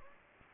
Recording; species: mosquito wingbeat signal from an infrared sensor; Anopheles gambiae